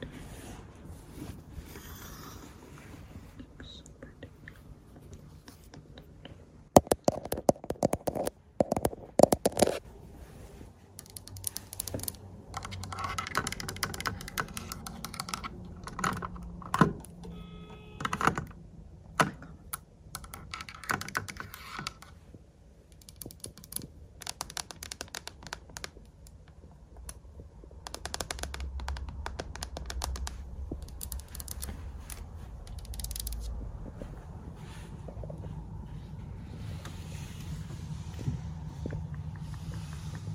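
Lens tapping and scratching in Berlin: sharp clicks and taps arrive in bursts, densest between about 7 and 10 seconds, then scattered through the middle. Soft scraping fills the gaps, and a low steady rumble swells in the last ten seconds.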